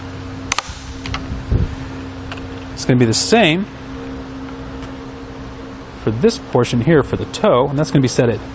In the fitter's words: we'll just tighten that down see here audible clicks from our tightening tool